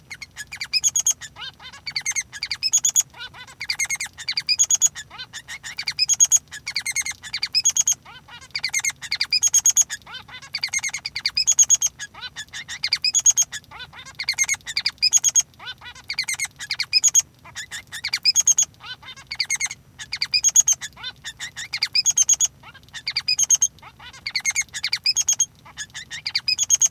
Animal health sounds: song of a male Bengalese finch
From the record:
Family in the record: son of father 3

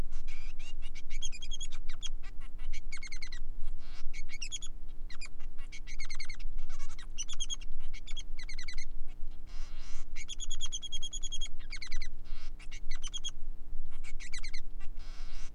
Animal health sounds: song of a male Bengalese finch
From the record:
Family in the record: son of father 3

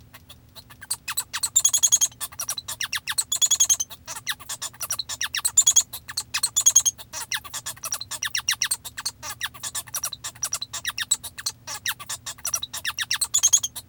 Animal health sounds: song of a male Bengalese finch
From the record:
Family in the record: father 1

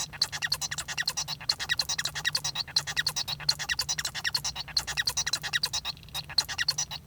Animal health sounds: song of a male Bengalese finch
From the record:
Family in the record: son of father 1

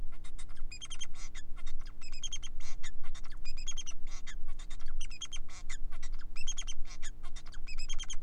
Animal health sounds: song of a male Bengalese finch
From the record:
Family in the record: son of father 4

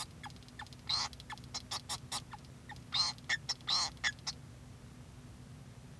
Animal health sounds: song of a male Bengalese finch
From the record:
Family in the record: son of father 2

